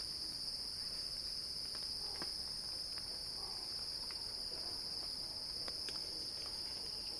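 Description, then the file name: Cicada song: a sustained high hiss-like buzz with no pauses, with a few soft knocks and clicks under it. Cicada song building in a crescendo. "earth-fm Axel-Drioli Cicada-Crescendo-Sounding-Wild"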